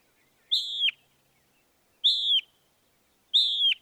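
Northern mockingbird song: a clear whistled phrase falling at the end, repeated three times with pauses of about a second between.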